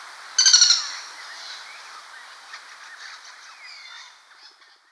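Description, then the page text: Common flameback giving one short, rapid, harsh rattling burst, then faint chirps and whistles from other birds in the background. "Common Flameback Calls. Quick Sounds"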